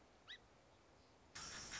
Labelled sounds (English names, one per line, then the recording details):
Song Sparrow
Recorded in Sonoma County, California